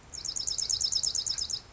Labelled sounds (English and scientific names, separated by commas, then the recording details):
Dark-eyed Junco (Junco hyemalis)
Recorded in Sonoma County, California